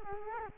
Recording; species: mosquito wingbeat signal from an infrared sensor; Culex quinquefasciatus